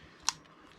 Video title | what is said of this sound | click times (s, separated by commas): about VIA with tim ep4 | you can hear that clicked in place | 0.3 s